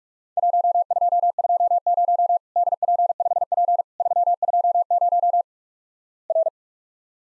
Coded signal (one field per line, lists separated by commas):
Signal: Morse code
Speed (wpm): 43 wpm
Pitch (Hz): 700 Hz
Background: none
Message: 1220 DP5P 320 R